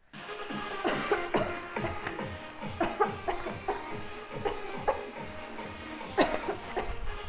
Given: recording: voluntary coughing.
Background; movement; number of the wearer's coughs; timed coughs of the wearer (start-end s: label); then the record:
music; walking; 10
0.82-1.18 s: cough
1.31-1.55 s: cough
1.74-2.06 s: cough
2.78-3.11 s: cough
3.25-3.61 s: cough
3.65-3.94 s: cough
4.43-4.60 s: cough
4.85-5.10 s: cough
6.15-6.61 s: cough
6.75-6.94 s: cough
From the record:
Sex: female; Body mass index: 18.8 kg/m2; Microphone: on the chest, facing outward